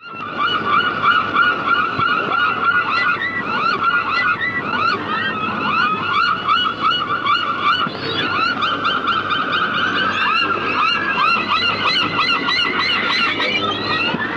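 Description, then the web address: Gulls calling in a dense, noisy chorus: many overlapping harsh, falling squawks repeated without pause throughout. "seagulls"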